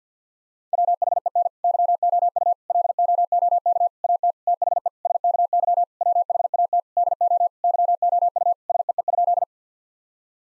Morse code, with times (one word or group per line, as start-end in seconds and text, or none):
0.7-1.5 WHEN
1.6-2.5 YOU
2.7-3.9 LOOK
4.0-4.3 AT
4.5-4.9 THE
5.0-5.8 SKY
6.0-6.8 WHAT
7.0-7.5 DO
7.6-8.5 YOU
8.7-9.4 SEE?